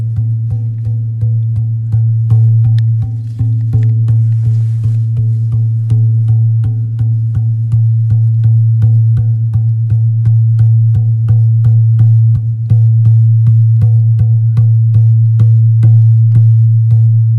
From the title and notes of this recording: Metal drum by the sea, Sint-Idesbald, Belgium on the morning of 16th October 2023 – by Sara Maino.